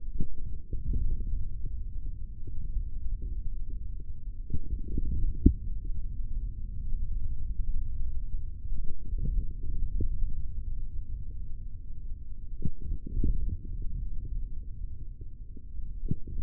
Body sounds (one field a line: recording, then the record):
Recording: forearm muscle sounds (acoustic myography)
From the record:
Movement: hand closing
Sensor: system 3, bracelet of six PUI Audio POM-2738L microphones around the upper forearm, with dedicated amplification and filtering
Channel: 5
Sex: male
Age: 23 years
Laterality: right